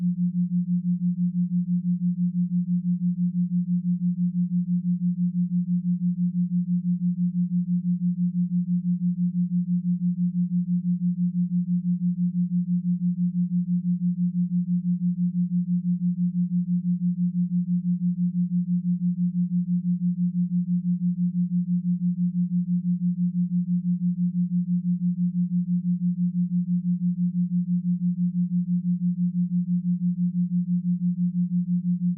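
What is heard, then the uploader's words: Binaural beats built from two low tones at 174 Hz and 180 Hz, heard as one steady hum that never changes pitch or level. A fast, even pulsing of about six beats per second runs throughout, with no other sounds. 6Hz Theta Binaural Beats - 174Hz & 180Hz.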